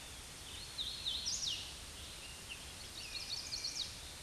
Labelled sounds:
Hooded Warbler song
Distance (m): 30 m
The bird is about 10 m above the microphone
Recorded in a Pennsylvania forest on 16 May 2024 at 07:24
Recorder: AudioMoth, point MSD-2163
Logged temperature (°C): 16.1 °C
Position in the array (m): 159 m, 117 m

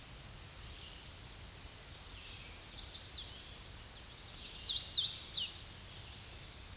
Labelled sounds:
Hooded Warbler song
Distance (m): 30 m
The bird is about 20 m above the microphone
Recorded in a Pennsylvania forest on 16 May 2024 at 07:40
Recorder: AudioMoth, point MSD-2208
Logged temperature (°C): 15.2 °C
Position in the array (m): 161 m, 108 m

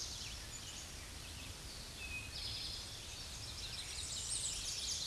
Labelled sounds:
Eastern Towhee song
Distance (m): 40 m
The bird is about level with the microphone
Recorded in a Pennsylvania forest on 16 May 2024 at 07:13
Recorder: AudioMoth, point MSD-2349
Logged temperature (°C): 15.8 °C
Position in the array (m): 77 m, 29 m

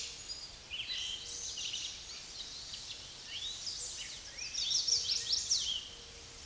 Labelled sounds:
Chestnut-sided Warbler song
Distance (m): 20 m
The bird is about 10 m above the microphone
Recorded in a Pennsylvania forest on 16 May 2024 at 06:05
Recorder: AudioMoth, point MSD-2074
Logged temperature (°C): 16.3 °C
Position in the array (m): 172 m, 221 m

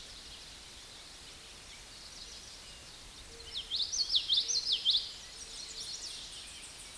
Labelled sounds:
Common Yellowthroat song
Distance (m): 10 m
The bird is about 5 m above the microphone
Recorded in a Pennsylvania forest on 16 May 2024 at 09:29
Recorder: AudioMoth, point MSD-1418
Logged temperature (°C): 16.4 °C
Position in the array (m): 216 m, 198 m

